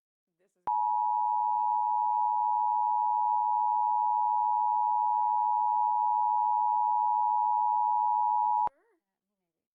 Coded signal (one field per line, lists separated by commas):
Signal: Emergency Alert System (SAME) tones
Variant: 853 and 960 Hz attention tone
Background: speech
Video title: EAS #32 - Severe Thunderstorm Warning